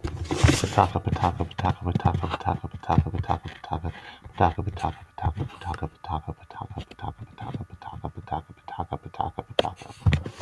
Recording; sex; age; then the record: repeated syllables /pa ta ka/; male; 20 to 29 years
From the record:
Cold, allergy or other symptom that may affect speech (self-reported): no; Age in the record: 26 years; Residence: United States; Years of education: 16